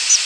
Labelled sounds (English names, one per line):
Palm Warbler flight call